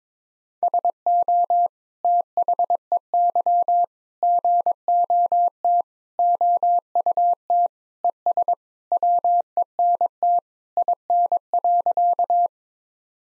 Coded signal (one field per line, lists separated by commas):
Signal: Morse code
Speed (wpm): 22 wpm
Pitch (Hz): 700 Hz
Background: none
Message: SO THEY GOT OUT ES WENT IN.